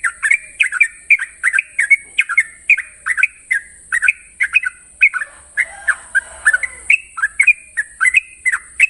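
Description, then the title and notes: Yellow-vented Bulbul song: quick, bubbly, slurred notes in a steady chattering run, over a constant high hiss. Long-trill song style (ropel panjang), prepared as a master recording for training song birds. "Masteran Trucukan Ropel Panjang. Kicau Burung Trucukan"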